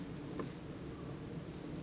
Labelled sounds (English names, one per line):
Western Flycatcher